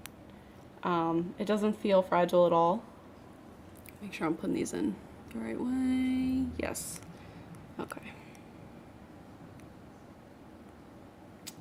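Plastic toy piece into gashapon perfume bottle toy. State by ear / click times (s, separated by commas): seated / 11.5 s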